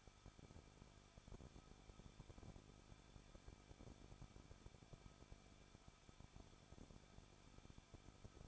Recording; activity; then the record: daily activity, microphone in the room; no activity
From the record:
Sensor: 5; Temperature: 20.8 degrees Celsius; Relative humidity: 38.2%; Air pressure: 1006.6 hPa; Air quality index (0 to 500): 186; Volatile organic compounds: 18 ppm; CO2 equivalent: 2611 ppm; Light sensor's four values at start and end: 2/3/1/1 and 2/3/1/1